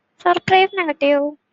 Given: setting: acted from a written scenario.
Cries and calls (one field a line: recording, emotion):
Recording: vocal sound without words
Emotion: negative surprise